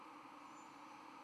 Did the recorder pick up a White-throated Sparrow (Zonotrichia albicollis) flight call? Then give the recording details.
no. No flight call is heard. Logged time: 22:18 on 12 November 2014